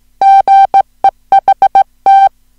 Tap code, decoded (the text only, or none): none